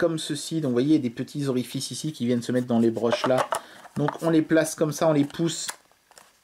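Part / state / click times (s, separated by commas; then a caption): rechargeable battery into a dual battery charger / seated / 6.2 s. Someone talks while lining up a rechargeable camera/light battery with the small pins of a dual battery charger and pushing it in. As the talking stops, a small, sharp click at 6.2 s marks the battery seating and locking in place.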